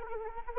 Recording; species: mosquito wingbeat signal from an infrared sensor; Anopheles arabiensis